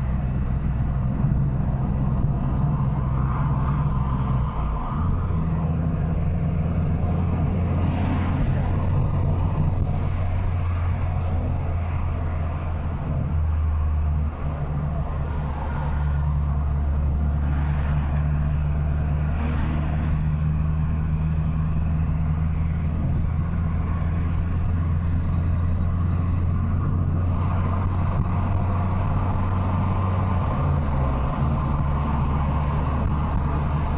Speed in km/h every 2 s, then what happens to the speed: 64, 52, 46, 56, 72, 74, 71, 66, 66, 70, 72, 76, 79, 82, 85, 82, 85.
0-3 brakes to 46. 4-9 speeds up to 74. 9-16 slows to 66. 16-27 speeds up to 85. 27-34 steady at about 85.